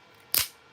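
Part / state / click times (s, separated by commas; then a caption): bipod leg into bipod body / seated / 0.3 s. A rifle bipod's metal leg is pushed into the bipod body and gives a single loud, sharp click at 0.3 s, bright and broadband with a short decay in otherwise quiet surroundings. The leg clicks into place and is seated.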